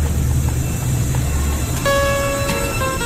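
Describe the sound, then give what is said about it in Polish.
A train arrives at Sloviansk station after a four-hour ride east, rolling in with a deep, steady rumble, then a loud, high metallic squeal of brakes rises and holds for over a second as it slows to a stop. “4 godziny jazdy pociągiem na wschód.”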